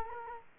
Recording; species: mosquito wingbeat signal from an infrared sensor; Culex quinquefasciatus